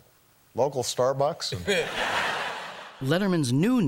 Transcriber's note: laughter